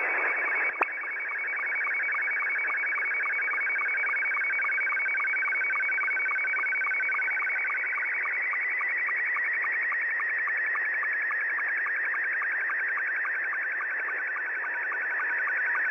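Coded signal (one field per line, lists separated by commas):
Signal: SSTV (slow-scan television)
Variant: Scottie 2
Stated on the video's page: SSTV on 14.230 MHz received from far away using a WebSDR as receiver.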